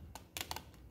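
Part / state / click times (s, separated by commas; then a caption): lamp holder or tab part into a fluorescent fixture rail / not seated / none. A lamp holder with a locating tab is being pushed into an old fluorescent fixture rail during an LED conversion. Short clicky handling sounds occur around 0.15 s and between 0.35 and 0.6 s, with the sharpest at 0.4 s. Nothing has seated or clicked into place yet.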